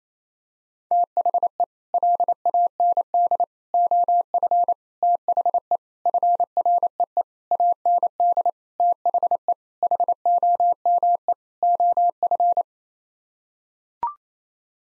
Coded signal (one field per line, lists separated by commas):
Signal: Morse code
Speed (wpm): 28 wpm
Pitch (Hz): 700 Hz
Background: none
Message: THE LAND OF THE FREE AND THE HOME OF